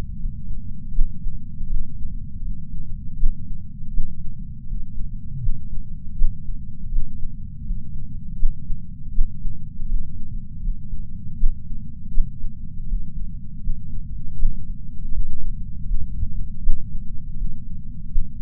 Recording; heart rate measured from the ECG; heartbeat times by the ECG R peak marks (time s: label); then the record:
heart sounds by patch sensor on the chest; 80 bpm
0.18 s: heartbeat
0.93 s: heartbeat
1.68 s: heartbeat
2.41 s: heartbeat
3.18 s: heartbeat
3.92 s: heartbeat
4.65 s: heartbeat
5.40 s: heartbeat
6.16 s: heartbeat
6.90 s: heartbeat
7.63 s: heartbeat
8.37 s: heartbeat
9.13 s: heartbeat
9.87 s: heartbeat
10.61 s: heartbeat
11.38 s: heartbeat
12.12 s: heartbeat
12.86 s: heartbeat
13.61 s: heartbeat
14.37 s: heartbeat
15.11 s: heartbeat
15.85 s: heartbeat
16.61 s: heartbeat
17.36 s: heartbeat
18.10 s: heartbeat
From the record:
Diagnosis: coronary artery disease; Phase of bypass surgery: postoperative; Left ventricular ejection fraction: 54.4%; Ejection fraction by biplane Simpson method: 44%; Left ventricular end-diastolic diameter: 43 mm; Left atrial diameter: 34 mm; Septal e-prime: 5 cm/s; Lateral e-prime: 5.3 cm/s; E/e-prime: 15.7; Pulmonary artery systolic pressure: 21 mmHg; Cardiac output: 4.9 L/min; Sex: female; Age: 70 years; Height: 152 cm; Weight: 65 kg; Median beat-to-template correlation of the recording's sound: 0.82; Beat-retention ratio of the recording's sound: 0.98